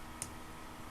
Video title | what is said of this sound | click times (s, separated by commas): Silver Filigree Necklace with resin cabochon | i'm going to close my jump ring wait to hear that click see | 0.2 s